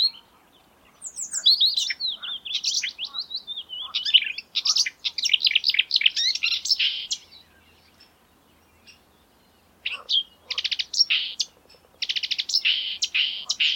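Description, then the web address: Marsh warbler delivering fast, scratchy, varied phrases, falling quiet for a few seconds, then returning with loud clipped bursts of chatter. May 2020. "geluiden bosrietzanger mei 2020 zang"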